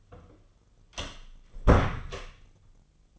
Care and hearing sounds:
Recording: daily activity, microphone in the room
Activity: close door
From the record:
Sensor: 4

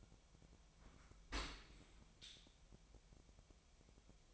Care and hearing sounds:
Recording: daily activity, microphone in the room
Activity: open dishwasher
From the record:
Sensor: 1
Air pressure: 1006.7 hPa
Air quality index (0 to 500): 209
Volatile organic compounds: 24 ppm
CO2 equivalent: 2817 ppm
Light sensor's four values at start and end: 13/33/13/14 and 13/33/13/14

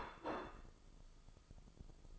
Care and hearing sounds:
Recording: daily activity, microphone in the room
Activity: place plate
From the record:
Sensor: 5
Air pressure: 995.4 hPa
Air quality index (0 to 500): 89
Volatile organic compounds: 4 ppm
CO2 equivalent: 1655 ppm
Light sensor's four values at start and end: 24/58/22/21 and 24/58/22/21

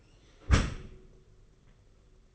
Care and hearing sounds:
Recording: daily activity, microphone in the room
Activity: close dishwasher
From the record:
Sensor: 4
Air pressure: 991.3 hPa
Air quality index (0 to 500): 159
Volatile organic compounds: 135 ppm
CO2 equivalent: 3951 ppm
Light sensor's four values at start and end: 22/74/27/28 and 22/74/27/28

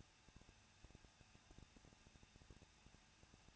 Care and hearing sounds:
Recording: daily activity, microphone in the room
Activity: no activity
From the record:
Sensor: 2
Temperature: 21.0 degrees Celsius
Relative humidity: 37.3%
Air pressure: 1006.2 hPa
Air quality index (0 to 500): 222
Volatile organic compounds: 24 ppm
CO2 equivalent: 2809 ppm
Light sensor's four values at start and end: 2/3/2/2 and 2/3/2/2

